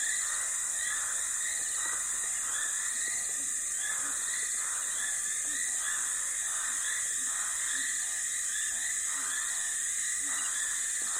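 Night ambience by a dry stretch of the Limpopo River in South Africa: a dense, unbroken wall of high insect buzzing and chirring holds steady throughout. Beneath it, pulsing calls repeat roughly every second, like frogs, with faint low thumps scattered between.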